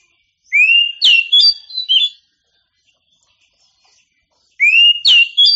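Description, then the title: Oriental magpie-robin song phrases, each starting with a rising whistle and breaking into quick, bright whistled notes, repeated after a gap of over two seconds. A champion singing bird. "Kicau Burung Kacer Juara"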